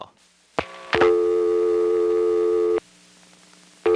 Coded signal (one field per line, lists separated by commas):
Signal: telephone call progress tone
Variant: North America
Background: speech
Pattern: dial tone